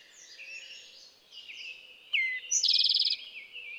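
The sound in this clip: Eastern towhee song: a sharp falling note, then a rapid bright trill, heard over a dense background of mixed birdsong.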